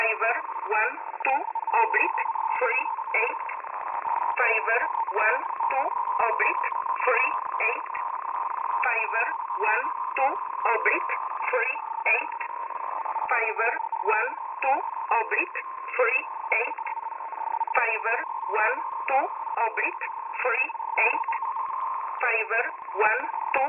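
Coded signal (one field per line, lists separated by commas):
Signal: numbers station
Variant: E11a Oblique, English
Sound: female voice repeating number groups like one two three eight, five, over radio hiss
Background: radio static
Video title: E11a Message 25/10/2022 0645z 8423kHz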